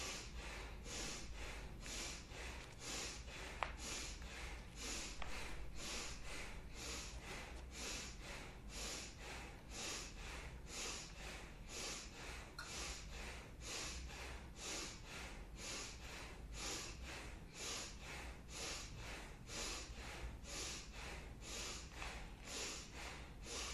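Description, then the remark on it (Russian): Rapid, forceful bhastrika bellows breathing driven from the belly: loud, rushing breath strokes repeating in a steady, unbroken rhythm about every half second for the whole stretch, with no talking. “И начинаем дышать этой точкой, бхастрику, животом. Поехали.”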